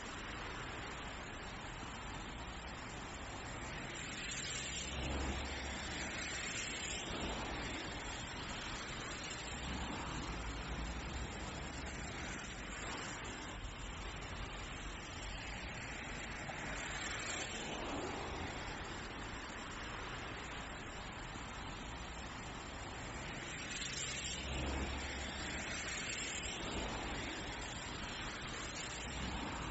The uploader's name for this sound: sounds of nature across all four seasons